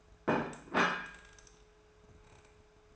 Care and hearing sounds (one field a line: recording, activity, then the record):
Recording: daily activity, microphone in the room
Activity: place plate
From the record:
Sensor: 2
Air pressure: 1014.9 hPa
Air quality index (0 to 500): 204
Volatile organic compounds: 20 ppm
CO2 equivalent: 2697 ppm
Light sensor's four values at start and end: 22/52/23/25 and 21/51/22/24